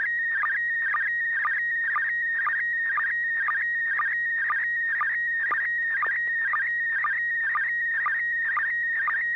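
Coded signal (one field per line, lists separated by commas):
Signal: SSTV (slow-scan television)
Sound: steady high whistle broken twice a second by warbling chirps with low blips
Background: low hum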